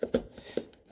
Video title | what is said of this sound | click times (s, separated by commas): 2007-2013 silverado headlight replacement to sealight LED, new Amazon housings, and harness repair | so it's clicked you heard the click an audible actual click | 0.0 s, 0.1 s